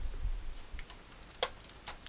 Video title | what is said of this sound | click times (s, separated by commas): the engine compartment part 7 | You should hear it click. | 1.4 s